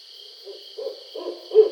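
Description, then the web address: Barred owl's low hoots, a few short notes rising in loudness, with a steady high-pitched hum throughout. Recorded 20 July 2012. "Barred Owl 2012 07 20 Barred Owl"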